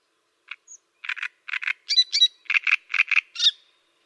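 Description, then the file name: Great reed warbler song: harsh, croaking double notes in quick pairs, broken by a few higher squeaky whistled syllables, in a short grating phrase. "Cannareccione"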